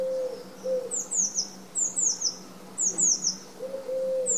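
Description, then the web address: Bird calls: quick triplets of high, sharp descending chirps come roughly once a second, with a low level whistled tone before and after them. "Bird Only"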